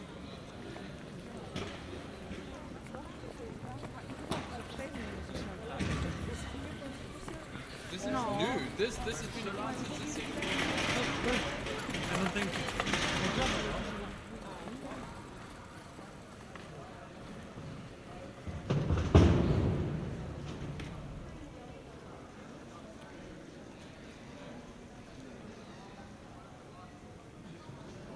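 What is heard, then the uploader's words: Pedestrians talk as they pass through a paved courtyard, voices rising and falling, busiest between about eight and fourteen seconds. Scattered knocks and scrapes of movers working carry in the background, with a sharp louder clatter near nineteen seconds. Binnenhof Den Haag, March. Pedestrians on the Binnenhof. Movers working in the background.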